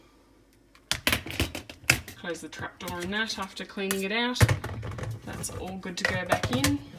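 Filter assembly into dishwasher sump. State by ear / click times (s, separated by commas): not seated / none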